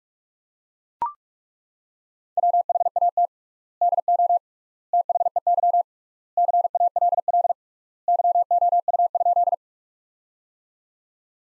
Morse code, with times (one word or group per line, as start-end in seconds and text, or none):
2.4-3.3 WHAT
3.8-4.4 DO
4.9-5.8 THEY
6.4-7.5 CALL
8.1-9.5 YOU?